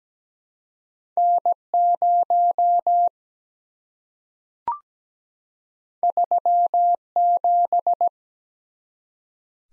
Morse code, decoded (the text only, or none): N0 37